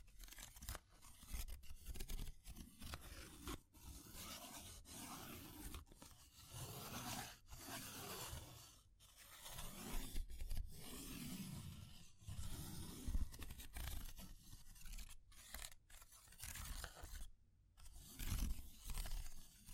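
Fire crackles steadily with dense, rough scratching and snapping textures that fill the whole clip. Short pops and brief dropouts break it up every second or so, with a longer pause near 17 seconds, over a constant low rumble.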